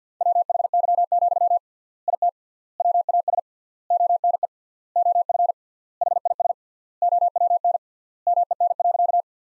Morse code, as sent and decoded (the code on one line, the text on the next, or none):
.-- .... -.-- --..-- / .. - / .-- .- ... / --- -. . / --- ..-. / .... .. ... / --- .-- -. / -- . -. .-.-.-
WHY, IT WAS ONE OF HIS OWN MEN.